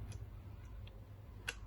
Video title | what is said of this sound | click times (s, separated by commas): কিভাবে 4G solar CC camera setup করবেন-V380 Pro বিস্তারিত- A-Z 4G solar CC Camera setup. | এটা চাপ দিলে কট করা আওয়াজ হবে। তার মানে এটা লেগে গেছে। | 1.5 s